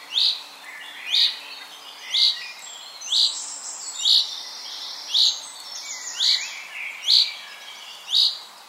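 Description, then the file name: Common chaffinch giving a short, sharp, high call note about once every second, nine notes in all, with faint twittering from other birds behind. "Fringilla coelebs"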